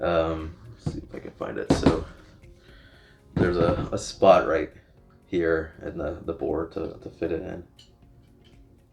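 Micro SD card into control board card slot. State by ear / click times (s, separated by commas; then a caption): not seated / none. A micro SD card is lined up at the card slot on the control board of an Ortur Laser Master 3 LE before being pushed home, while someone talks throughout. Only faint handling sounds come between the speech, and the card has not seated or clicked yet.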